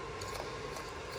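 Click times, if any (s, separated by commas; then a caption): none. A plastic wiring-harness connector is handled at the throttle body's sensor socket during a Whipple supercharger install on a 2011 GT500. Only steady broadband noise with faint handling rustle is heard, with no sharp hit. Nothing has seated or clicked yet.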